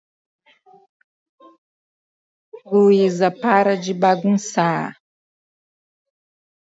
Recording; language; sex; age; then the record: spoken sentence; Brazilian Portuguese; female; 30 to 39 years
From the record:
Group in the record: control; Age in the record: 35 years